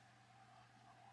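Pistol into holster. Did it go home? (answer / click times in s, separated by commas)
no / none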